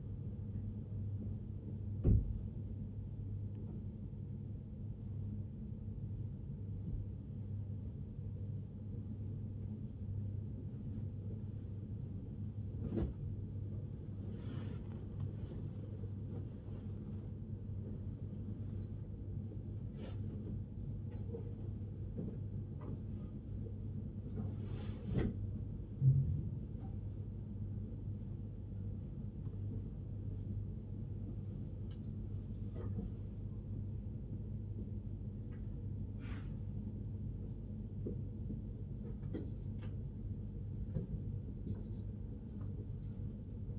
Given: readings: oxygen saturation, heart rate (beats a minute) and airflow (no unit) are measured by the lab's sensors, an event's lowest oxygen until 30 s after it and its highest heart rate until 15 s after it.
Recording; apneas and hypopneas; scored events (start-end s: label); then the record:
breathing in sleep by a smartphone at the bedside; none
none scored
From the record:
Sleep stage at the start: N1 (lightest sleep); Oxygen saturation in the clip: 93 to 96%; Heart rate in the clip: 58 to 79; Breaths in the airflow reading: 12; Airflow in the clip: -6.3 to 7.5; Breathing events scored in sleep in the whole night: 103 in 8.4 hours asleep